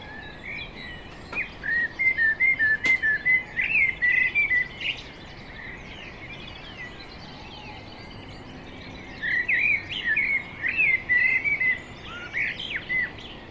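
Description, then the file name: Common blackbird song in two bursts of fluty, warbled whistles, each lasting a few seconds with a quiet pause between them. "Turdus merula"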